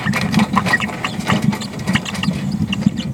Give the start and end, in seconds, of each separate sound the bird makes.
0.82-0.87, 1.60-1.66, 2.22-2.30, 2.98-3.05